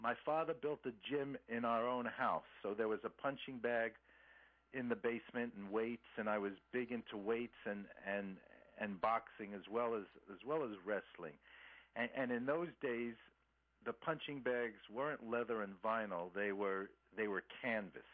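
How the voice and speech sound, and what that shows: Adult man who stutters, speaking fairly fluently with mild stuttering: repeated and drawn-out 'and' and a repeated 'as well as'. Small stuttering blocks that, after many years of practice, he moves through.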